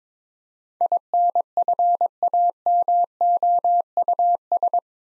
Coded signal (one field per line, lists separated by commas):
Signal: Morse code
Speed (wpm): 23 wpm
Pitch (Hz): 700 Hz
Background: none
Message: INFAMOUS